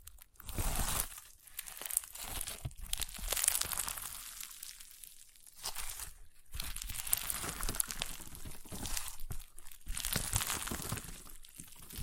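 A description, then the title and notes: Crunchy slime being squeezed and worked, with a dense run of crackling, crinkly pops that fill the whole clip. The bright crackle swells and fades in uneven bursts, dropping briefly near the start and around six seconds before picking up again. ASMR Satisfying Crunchy Slime (No Talking).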